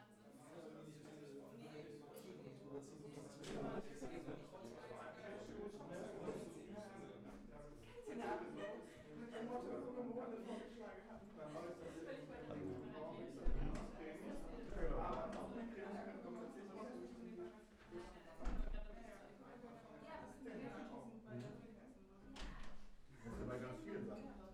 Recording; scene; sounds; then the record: everyday scene through a hearing-aid microphone; many people talking; many voices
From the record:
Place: bistro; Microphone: behind the ear, left, front